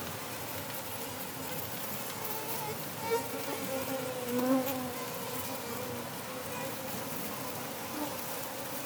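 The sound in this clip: Gnats buzzing in a swarm, many thin wavering whining tones overlapping continuously, with a few brief louder passes around the middle.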